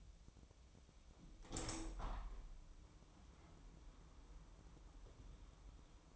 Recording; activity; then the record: daily activity, microphone in the room; open window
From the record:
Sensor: 1